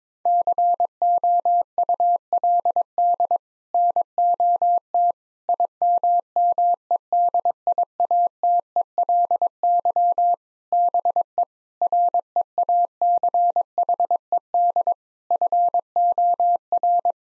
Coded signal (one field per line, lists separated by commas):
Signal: Morse code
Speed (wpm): 22 wpm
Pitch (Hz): 700 Hz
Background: none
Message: COULD NOT IMMEDIATELY BE REACHED FOR